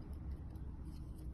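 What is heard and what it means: A child handles the firing latch of a plastic brick-built rubber band gun, pulling the firing mechanism back to reload it, with steady low rumbling handling noise throughout. The mechanism has not caught or clicked yet.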